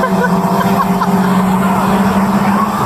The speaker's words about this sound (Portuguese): porque toda vez que eu ver uma viatura acelerando, eu vou falar, ah, tá de gracinha, ligou a sirene pra fazer racha.